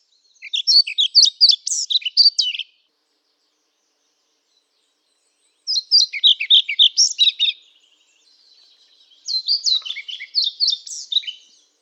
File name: Ficedula hypoleuca